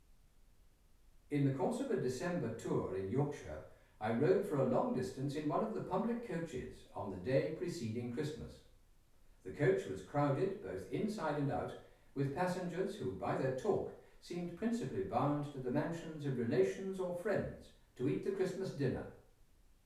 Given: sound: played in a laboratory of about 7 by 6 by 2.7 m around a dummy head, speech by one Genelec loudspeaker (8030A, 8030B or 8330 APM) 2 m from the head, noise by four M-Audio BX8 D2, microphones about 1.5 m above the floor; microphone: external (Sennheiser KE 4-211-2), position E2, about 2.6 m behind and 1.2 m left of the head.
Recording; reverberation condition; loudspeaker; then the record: male speech in English; medium; 60 degrees to the left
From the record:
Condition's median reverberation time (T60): about 510 ms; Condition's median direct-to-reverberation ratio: about -0.5 dB